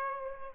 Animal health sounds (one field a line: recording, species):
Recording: mosquito wingbeat signal from an infrared sensor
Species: Aedes aegypti